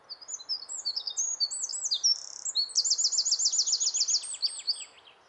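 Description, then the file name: Eurasian wren song: a rapid, high, loud run of varied notes and short twittering phrases, with a fast trill of repeated notes late in the song, over faint background noise. "Troglodytes troglodytes"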